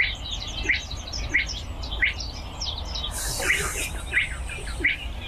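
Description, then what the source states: Spotted Crake calling: a whiplike rising whistle repeated roughly one and a half times per second, with higher chirps from other birds and a brief hiss of noise. Male calling in reed marsh; rare bird; a rail living in marsh reeds.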